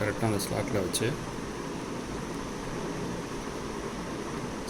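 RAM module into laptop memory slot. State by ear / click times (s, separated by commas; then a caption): not seated / none. A RAM module is lined up correctly in the memory slot of an HP EliteBook 8470P laptop, ready to be pressed down to lock. Someone talks for about the first second, then only a steady, even background hiss continues. Nothing has seated or clicked yet.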